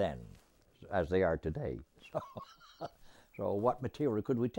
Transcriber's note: laughs